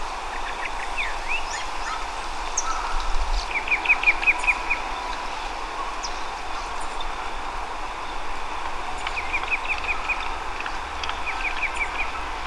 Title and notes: la Mirla Blanca o Sinsonte (Mimus gilvus) en la Estación de la Sábana, Bogotá, octubre del año 2024. La grabación fue hecha en horas de la mañana, en compañía del biologo David Ricardo Caro